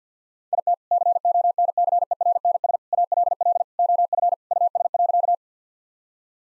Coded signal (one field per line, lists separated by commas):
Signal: Morse code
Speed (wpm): 50 wpm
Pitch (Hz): 700 Hz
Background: none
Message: IT CONCERNS ALL OF US.